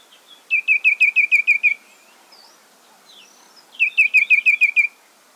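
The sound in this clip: Ashy tit giving two bursts of about eight rapid rasping notes, about two seconds apart.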